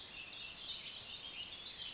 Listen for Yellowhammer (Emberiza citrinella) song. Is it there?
no